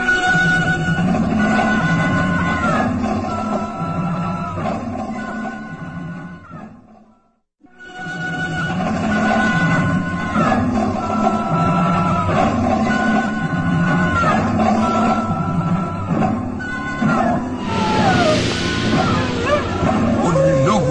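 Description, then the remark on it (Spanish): Drawn-out, wavering howls rise and fall over a steady moaning wind, the sound dense and continuous apart from a brief drop into near-silence, with a breathy gust swelling near the end. “Aullido se confunde con el ulular del viento y el inspector de policía queda inmóvil, impresionado.”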